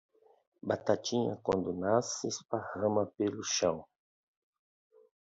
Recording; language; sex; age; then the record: short text; Brazilian Portuguese; male; 50 to 59 years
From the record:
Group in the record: control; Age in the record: 50 years